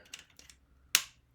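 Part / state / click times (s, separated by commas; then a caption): plastic stand base onto solar panel mount / seated / 1.0 s. A plastic stand base is lined up triangle side up and slid onto the clip of a solar panel mount. A few small sliding clicks come first, then one loud, sharp snap at 0.9 s as the base seats onto the clip, confirming it is locked in place.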